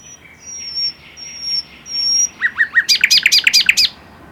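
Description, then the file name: Common nightingale song: long high pure whistles followed by a rapid repeated series of swooping notes, with faint background hiss. "Luscinia megarhynchos"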